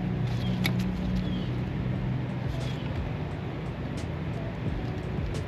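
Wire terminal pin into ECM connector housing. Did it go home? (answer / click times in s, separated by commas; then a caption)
no / none. A crimped terminal on the white signal wire is fed into a cavity in the plastic ECM connector housing during a BNR flex fuel kit install on a Chevy Sonic/Cruze 1.4T. A steady low hum with broadband background noise runs throughout, with one brief sharp sound at about 0.7 s. Nothing has seated or clicked yet.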